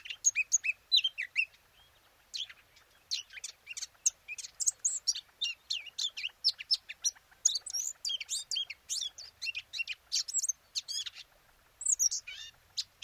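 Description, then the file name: Eurasian blackcap song, a long, busy stream of high chattering and sweeping whistled notes, with a couple of brief pauses before resuming. "Sylvia atricapilla"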